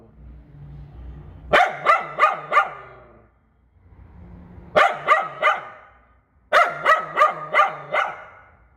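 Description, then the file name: Poodle barks in three tight bursts of four quick yaps each, separated by short pauses. "Tieng cho poodle sua"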